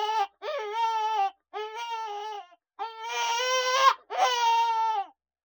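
Coyote pups whining in clear, tonal, slightly wavering cries, several drawn-out calls in quick succession with brief gaps.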